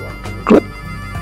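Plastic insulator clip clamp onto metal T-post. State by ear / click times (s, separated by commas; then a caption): seated / 0.5 s. A plastic clip clamp holding an insulator is pressed with a finger onto a heavy-duty metal T-post until it snaps on. A short, dull click is heard at 0.5 s over a steady low hum. The clip is seated on the post.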